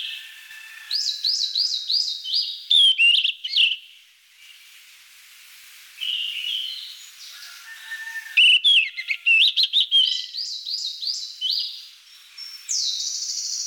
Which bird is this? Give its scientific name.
Ficedula zanthopygia